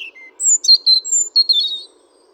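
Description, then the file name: European robin singing a thin, high whistled note, then a lower pure tone, followed by a jumble of quick sweet high warbles and trills. "Erithacus rubecula"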